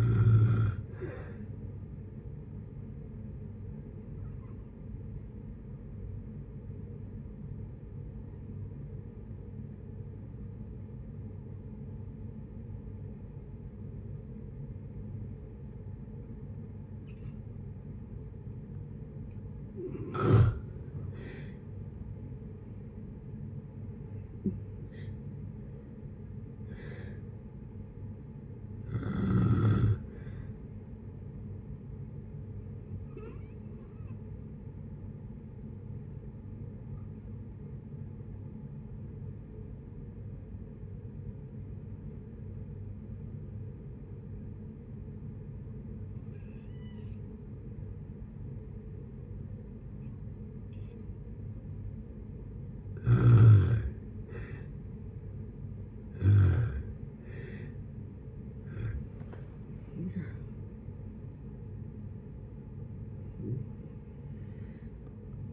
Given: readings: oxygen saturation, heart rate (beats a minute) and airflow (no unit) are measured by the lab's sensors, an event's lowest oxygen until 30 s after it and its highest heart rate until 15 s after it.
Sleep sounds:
breathing in sleep by a smartphone at the bedside; 2
6.00-21.20 s: hypopnea (N2, oxygen 96% highest, then 85% lowest, heart rate 61 at the start, 74 highest)
13.00-43.00 s: new sleep stage, N1 (lightest sleep)
33.00-53.20 s: hypopnea (N1, oxygen 96% highest, then 85% lowest, heart rate 65 at the start, 79 highest)
43.00-65.53 s: new sleep stage, N2 (light sleep)
From the record:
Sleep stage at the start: N2 (light sleep); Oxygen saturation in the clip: 85 to 96%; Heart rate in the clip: 56 to 79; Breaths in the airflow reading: 13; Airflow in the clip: -13.0 to 16.7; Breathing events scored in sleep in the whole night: 496 in 5.4 hours asleep

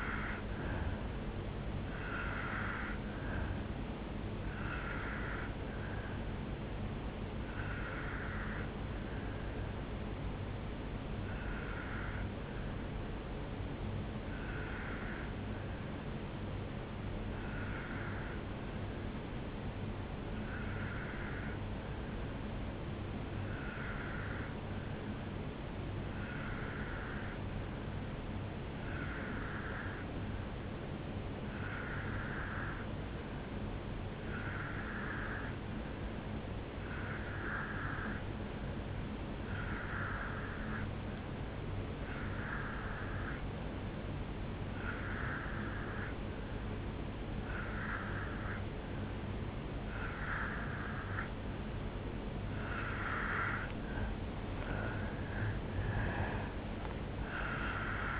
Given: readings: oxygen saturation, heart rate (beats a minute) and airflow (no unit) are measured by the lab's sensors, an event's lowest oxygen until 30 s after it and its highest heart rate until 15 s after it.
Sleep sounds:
breathing in sleep by a voice recorder at the bedside; 1
9.00-52.90 s: obstructive apnea (N1, oxygen 96% highest, then 87% lowest, heart rate 65 at the start, 76 highest)
15.00-45.00 s: new sleep stage, N2 (light sleep)
45.00-58.20 s: new sleep stage, N1 (lightest sleep)
From the record:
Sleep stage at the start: N1 (lightest sleep); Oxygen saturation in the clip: 86 to 96%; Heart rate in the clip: 62 to 76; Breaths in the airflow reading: 5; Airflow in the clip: -8.1 to 5.4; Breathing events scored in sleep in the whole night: 449 in 7.0 hours asleep

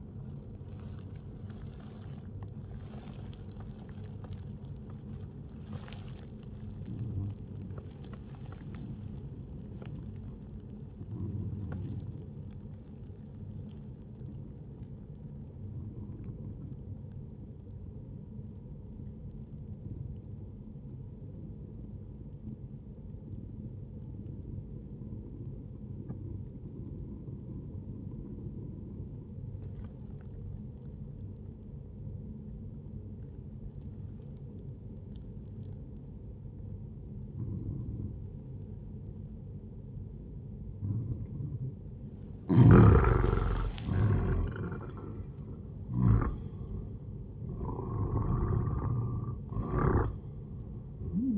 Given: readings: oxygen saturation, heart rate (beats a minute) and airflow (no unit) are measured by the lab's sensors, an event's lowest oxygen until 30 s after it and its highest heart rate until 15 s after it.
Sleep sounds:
breathing in sleep by a smartphone at the bedside; 1
11.00-41.30 s: obstructive apnea (N1, oxygen 98% highest, then 93% lowest, heart rate 60 at the start, 78 highest)
16.00-46.00 s: new sleep stage, N2 (light sleep)
46.00-51.38 s: new sleep stage, N1 (lightest sleep)
From the record:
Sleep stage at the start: N1 (lightest sleep); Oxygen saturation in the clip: 91 to 98%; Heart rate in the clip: 60 to 78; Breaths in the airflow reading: 3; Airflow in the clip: -8.6 to 12.6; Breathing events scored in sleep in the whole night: 131 in 7.2 hours asleep

